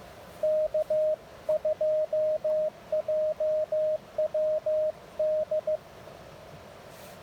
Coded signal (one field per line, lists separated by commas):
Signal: Morse code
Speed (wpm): 18 wpm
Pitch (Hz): 590 Hz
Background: radio noise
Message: K2JWD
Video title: POTA Activation with the Elecraft KX1, KX2, and an antenna that was too short